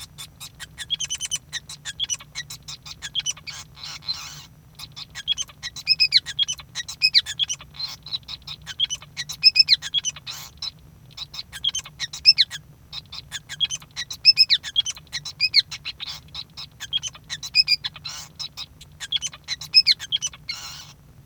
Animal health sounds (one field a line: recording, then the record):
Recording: song of a male Bengalese finch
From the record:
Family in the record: son of father 5